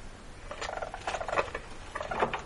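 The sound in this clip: Least weasel uttering quick bursts of harmonic chirps and squeaks, rising in loudness around the middle and again near the end.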